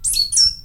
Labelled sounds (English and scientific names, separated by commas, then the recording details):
Stitchbird (Notiomystis cincta) song
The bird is a male
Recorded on Tiritiri Matangi Island, New Zealand, in 2005
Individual 22, of nest box 31